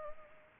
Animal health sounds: mosquito wingbeat signal from an infrared sensor; Anopheles arabiensis

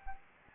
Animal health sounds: mosquito wingbeat signal from an infrared sensor; Anopheles gambiae

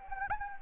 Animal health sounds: mosquito wingbeat signal from an infrared sensor; Anopheles gambiae

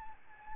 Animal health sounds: mosquito wingbeat signal from an infrared sensor; Aedes albopictus

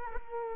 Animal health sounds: mosquito wingbeat signal from an infrared sensor; Culex quinquefasciatus

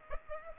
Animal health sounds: mosquito wingbeat signal from an infrared sensor; Aedes aegypti

